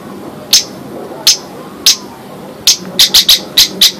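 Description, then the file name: Lovebird producing a few spaced sharp chirps, then a quicker run of similar notes near the end. Lovebird that was a national contest champion, named Si Gempol. "Suara Lovebird Juara Lomba Nasional Si Gempol Juara"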